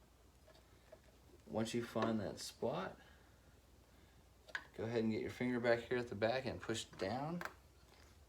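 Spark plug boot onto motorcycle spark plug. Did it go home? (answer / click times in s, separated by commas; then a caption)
no / none. A finger handles a rubber spark plug boot (plug cap) into position to push it down onto the spark plug terminal on a Honda, Kawasaki or Suzuki motorcycle engine while someone talks, with a brief faint tap around 4.5 s. Nothing has seated or clicked yet; the boot is handled but not yet home.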